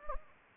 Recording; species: mosquito wingbeat signal from an infrared sensor; Anopheles gambiae